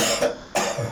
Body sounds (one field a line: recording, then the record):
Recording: coughing mixed with background sound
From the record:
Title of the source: Cough Around the Clock!